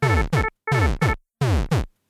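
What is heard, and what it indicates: Three paired lub-dub thumps with faint tones: a simulated heartbeat sound proposed as a cardiac (cardiovascular) medical alarm, using an environmental sound as a metaphor for the event it signals.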